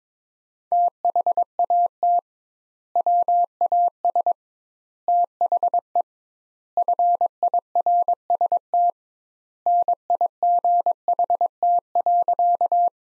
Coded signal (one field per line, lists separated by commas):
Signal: Morse code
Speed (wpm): 22 wpm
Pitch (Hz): 700 Hz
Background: none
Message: THAT WAS THE FIRST NIGHT.